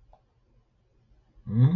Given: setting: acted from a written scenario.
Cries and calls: vocal sound without words; positive surprise

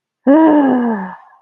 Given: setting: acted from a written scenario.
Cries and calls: vocal sound without words; guilt

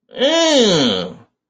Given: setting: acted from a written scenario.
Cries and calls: vocal sound without words; disgust

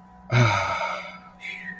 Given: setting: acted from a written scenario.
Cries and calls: vocal sound without words; serenity

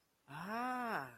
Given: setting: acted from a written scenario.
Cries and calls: vocal sound without words; positive surprise

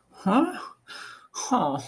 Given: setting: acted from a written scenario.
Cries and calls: vocal sound without words; sadness

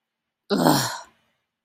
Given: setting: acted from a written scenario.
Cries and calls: vocal sound without words; contempt

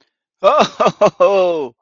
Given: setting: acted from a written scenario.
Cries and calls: vocal sound without words; amusement

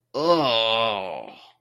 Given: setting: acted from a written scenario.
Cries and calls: vocal sound without words; disgust

